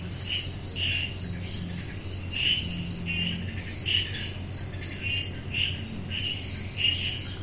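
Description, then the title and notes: Night insects chirp in bright bursts at irregular intervals above a fine high pulsing trill, with a low mechanical hum throughout. Insects chirping at night, 10pm, June 2022, in a wildlife sanctuary at Netravali, Goa, India; air conditioning drone audible. "June 2022, 10pm Netrevali, Goa, India, sounds of the night - insects chirping. Recorded by Mark Wilden"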